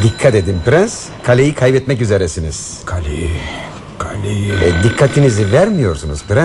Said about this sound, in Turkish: Telefon sinirlerimi bozuyor. Kim olabilir acaba? Yanlış numara çeviren biri. Burada olduğumuzdan beri ilk kez telefon çalıyor.